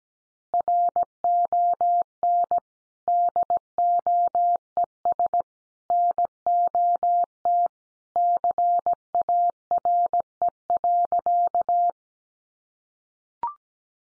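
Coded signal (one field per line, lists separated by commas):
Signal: Morse code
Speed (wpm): 17 wpm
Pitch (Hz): 700 Hz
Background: none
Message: RON DOES NOT CARE.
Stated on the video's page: Morse code head-copy practice of easy phrases at 17 wpm.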